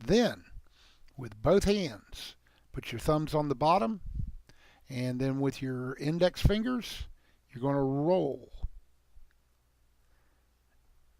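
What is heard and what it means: Someone talks while handling a small rubber ring on a vape cartomizer tank, getting ready to roll it up the tank with both thumbs and index fingers so it fits into the gap between the drip tip and the tank. Only faint handling ticks are heard between the words, and the ring has not popped into place yet; nothing has seated.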